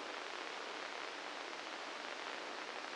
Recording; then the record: brain microelectrode recording played as sound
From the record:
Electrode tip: inside the subthalamic nucleus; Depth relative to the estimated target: 1 mm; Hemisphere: left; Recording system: NeuroSet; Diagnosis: Parkinson's disease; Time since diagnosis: 9 years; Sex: male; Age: 61 years